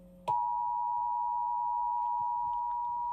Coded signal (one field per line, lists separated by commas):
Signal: Emergency Alert System (SAME) tones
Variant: 853 and 960 Hz attention tone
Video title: (April Fools??) 2 EAS Required Monthly Test on WGN 9 TV? (4/1/2025) EAS #485